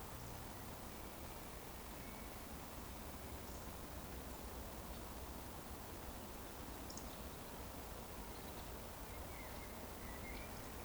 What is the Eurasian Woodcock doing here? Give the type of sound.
whistle